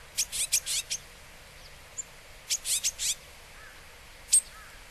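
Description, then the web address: Japanese tit giving two quick bursts of four or five high, sharp notes, with single notes between and after them, against constant hiss. Recorded in Hyogo, Japan, in August. "koe sijuukara 0803 hyogo kaji"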